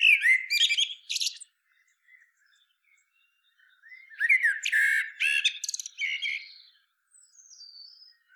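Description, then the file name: Common blackbird song phrases: a rich, fluty opening followed by a high squeaky flourish, then another longer warbling phrase ending in thin high notes. "Turdus merula"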